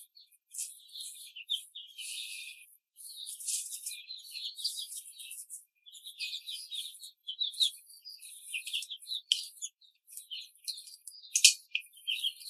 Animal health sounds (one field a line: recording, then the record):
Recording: young laying hens in a cage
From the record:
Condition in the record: control cage, before the stress test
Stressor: none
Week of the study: 4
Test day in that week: 3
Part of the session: 2